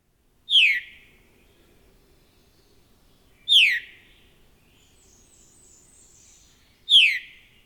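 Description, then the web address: Veery song: three loud, fluty downward-spiralling phrases, each dropping quickly from high to lower pitch, spaced about three seconds apart, with faint thin notes between them. Common species of western North America. "Songs of Birds of North America Know Your Bird Sounds Common Western Species. Veery"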